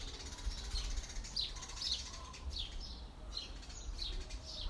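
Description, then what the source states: Birds calling: faint repeated high chirps and short descending whistles over a steady low roar of wind. Recorded with wind.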